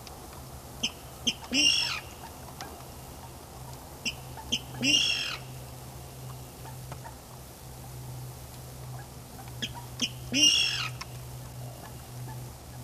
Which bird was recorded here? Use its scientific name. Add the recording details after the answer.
Rallus aquaticus. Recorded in the wild. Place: Auweiher Wört, Baden-Württemberg, DE. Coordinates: 49.0392, 10.2475. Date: 1966-05-02. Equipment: Uher Report 4000, AKG D190. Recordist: Krey, Winfried